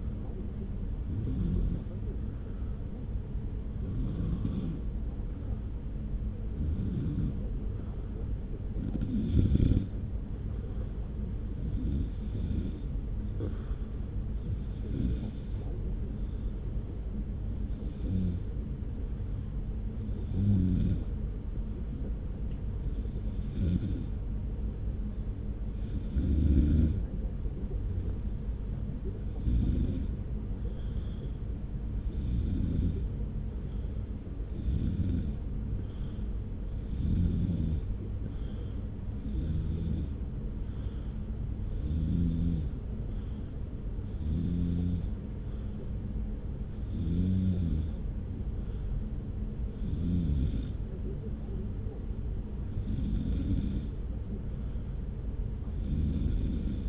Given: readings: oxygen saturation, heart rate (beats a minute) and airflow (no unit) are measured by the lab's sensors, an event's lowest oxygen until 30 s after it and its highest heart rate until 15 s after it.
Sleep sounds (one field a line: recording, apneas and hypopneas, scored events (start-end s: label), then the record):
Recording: breathing in sleep by a smartphone at the bedside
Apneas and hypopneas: none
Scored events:
none scored
From the record:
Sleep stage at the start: N2 (light sleep)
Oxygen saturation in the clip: 92 to 93%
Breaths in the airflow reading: 20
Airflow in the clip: -0.9 to 1.0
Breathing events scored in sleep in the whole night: 335 in 6.7 hours asleep